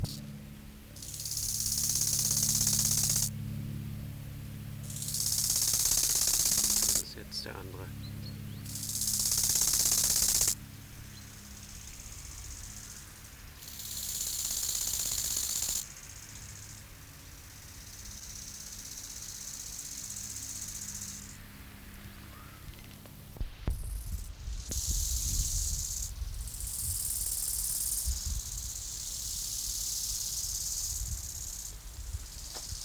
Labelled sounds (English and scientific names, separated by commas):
Bow-winged Grasshopper (Chorthippus biguttulus) stridulation